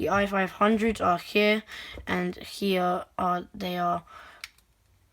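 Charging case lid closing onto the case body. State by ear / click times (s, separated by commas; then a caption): seated / 4.4 s. Someone talks, then the hinged plastic lid of a wireless earbud charging case snaps shut onto the case body with a sharp click at 4.4 s, followed by a faint second tick. The lid seats closed.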